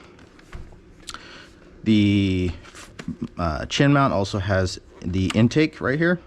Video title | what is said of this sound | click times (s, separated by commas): Sedici helmet review | and then you actually got to give a little bit of force when it locks you hear that little click and you're all set | 1.1 s